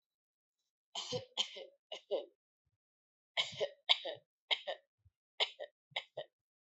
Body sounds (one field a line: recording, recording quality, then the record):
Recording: shallow voluntary cough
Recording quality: excellent, no background noise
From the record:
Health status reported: healthy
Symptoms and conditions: none ticked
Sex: female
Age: 42 years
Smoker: not ticked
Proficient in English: yes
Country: India